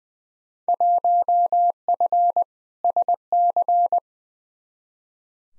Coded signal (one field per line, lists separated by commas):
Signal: Morse code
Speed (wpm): 20 wpm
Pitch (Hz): 700 Hz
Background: none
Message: 1F SC